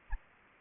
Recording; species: mosquito wingbeat signal from an infrared sensor; Anopheles gambiae